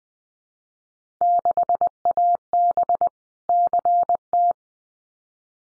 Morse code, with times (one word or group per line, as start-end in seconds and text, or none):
1.2-3.1 6AB
3.5-4.5 CT